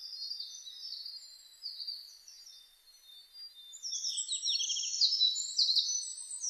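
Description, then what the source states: Bird song in high, thin twittering phrases, quieter at first, then a louder burst of rapid downslurred trills and sharp chirps in the final seconds. Birdsong; recorded 1 May 2005.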